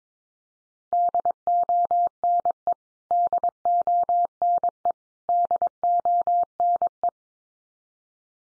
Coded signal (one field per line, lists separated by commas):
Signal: Morse code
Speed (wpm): 22 wpm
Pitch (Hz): 700 Hz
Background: none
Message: DONE DONE DONE